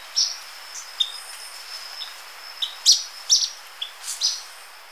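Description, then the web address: Ornate flycatcher's sharp, high call notes repeated irregularly, some doubled, with a few lower chips and a continuous faint high tone behind. Recorded in Ecuador. "Birds of Ecuador Ornate Flycatcher"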